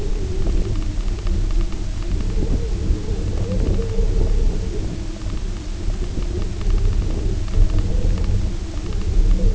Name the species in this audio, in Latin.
none